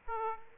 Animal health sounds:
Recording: mosquito wingbeat signal from an infrared sensor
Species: Aedes aegypti

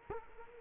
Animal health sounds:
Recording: mosquito wingbeat signal from an infrared sensor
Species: Culex quinquefasciatus

